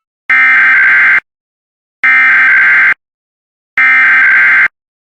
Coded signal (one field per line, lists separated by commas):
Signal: Emergency Alert System (SAME) tones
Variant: header bursts